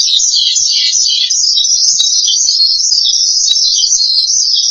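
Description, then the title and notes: Starling song, a short burst of busy high chatter and warbled notes, continuous and even in volume. "suara burung jalak"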